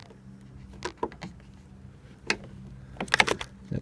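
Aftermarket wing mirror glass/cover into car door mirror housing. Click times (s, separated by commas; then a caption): 3.2 s. An aftermarket wing mirror glass/cover is pressed into the door mirror housing of a Toyota Avensis during a cheap wing mirror repair, with a few faint taps and a louder knock at 2.3 s. A sharp, loud cluster of clicks follows, with the seating click at 3.2 s. The part clicks into place and is seated.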